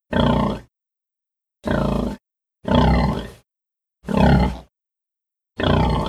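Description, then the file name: Pig grunting: five rough, low, half-second grunts with deep harmonics, separated by clean gaps of about half a second to one second, no other sounds. "Schwein"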